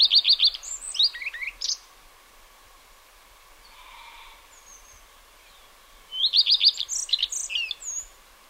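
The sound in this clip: Redstart singing a brief phrase of repeated high notes that breaks into a scratchy varied twitter, then a pause with a faint sound before the phrase returns.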